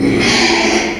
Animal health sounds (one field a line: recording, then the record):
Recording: squeal of a Yucatan mini pig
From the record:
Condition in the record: after surgery on the right vocal fold (resection and tissue-engineered implant)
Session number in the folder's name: 2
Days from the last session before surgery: 13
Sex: male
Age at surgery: 12 weeks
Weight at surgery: 13 kg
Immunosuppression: cyclosporine, prednisolone